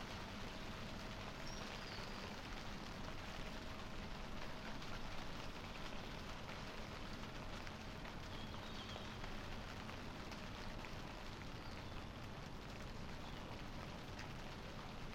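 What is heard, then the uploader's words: Gentle rain falls on a garden in a steady, dense patter of soft ticks, unchanging throughout, with a low continuous rumble beneath. Garden rain as winter turns to spring. This week we retire behind the secluded walls of a little garden, at the back of a small suburban terraced house. The sound feel of gentle rain, falling on an empty garden, in the quiet hours, when almost everyone is asleep. At the edge of our yard, beside a patch of old raspberry canes, there's a perfect spot where the aural presence of the garden can be heard evenly balanced.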